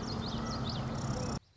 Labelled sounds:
Common Yellowthroat
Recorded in Sonoma County, California

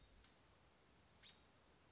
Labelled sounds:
American Robin
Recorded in Sonoma County, California

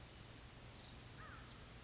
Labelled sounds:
American Crow
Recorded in Sonoma County, California

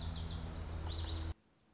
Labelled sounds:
Lazuli Bunting
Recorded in Sonoma County, California

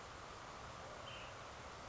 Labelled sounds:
Ash-throated Flycatcher
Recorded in Sonoma County, California

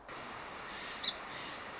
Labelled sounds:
Song Sparrow
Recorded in Sonoma County, California

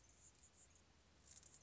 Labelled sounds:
Anna's Hummingbird
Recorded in Sonoma County, California

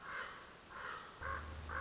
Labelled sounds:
Common Raven
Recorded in Sonoma County, California

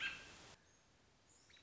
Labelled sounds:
American Robin
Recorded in Sonoma County, California

